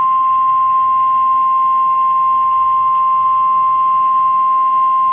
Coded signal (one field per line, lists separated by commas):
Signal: Emergency Alert System (SAME) tones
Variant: 1050 Hz attention tone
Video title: EAS #678: Tornado Warning (5/19/2013)